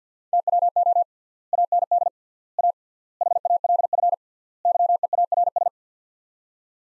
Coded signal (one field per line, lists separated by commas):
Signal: Morse code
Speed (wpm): 50 wpm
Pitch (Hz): 700 Hz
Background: none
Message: TWO AND A HALF YEARS